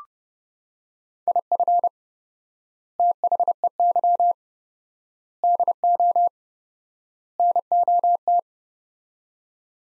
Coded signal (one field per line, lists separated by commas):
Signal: Morse code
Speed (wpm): 30 wpm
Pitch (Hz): 700 Hz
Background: none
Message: IF THEY DO NOT